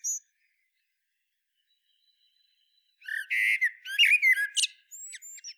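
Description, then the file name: Eurasian blackbird: after a few quiet seconds, a phrase of rich whistled notes breaking into scratchy high twitters, then a few softer notes. "Turdus merula"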